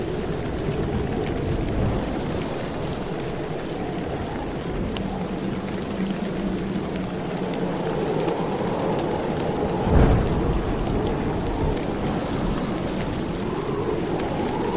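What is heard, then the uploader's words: Steady rain and wind make a dense, even rushing wash, heaviest in the low and middle range. A low rumble swells in around six to nine seconds, and a brief sharp crack lands near ten seconds before the steady downpour continues. Thunder, Wind, and Rain for Relaxation. Serene thunderstorm ambiance. Tranquil soundscape with thunder and rain. Soothing thunder, wind, and rain.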